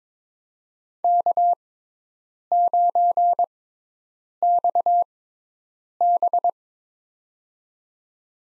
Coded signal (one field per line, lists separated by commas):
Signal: Morse code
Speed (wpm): 22 wpm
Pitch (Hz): 700 Hz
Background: none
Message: K9XB